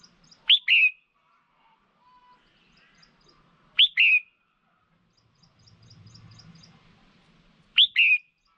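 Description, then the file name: Red-whiskered bulbul giving a sharp rising two-part call, repeated about every three to four seconds, with faint high ticking in the background. Female bird. "Tieng chao mao mai"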